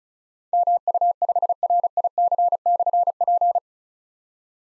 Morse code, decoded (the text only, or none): MU5RIC/P